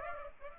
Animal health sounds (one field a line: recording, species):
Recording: mosquito wingbeat signal from an infrared sensor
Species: Aedes aegypti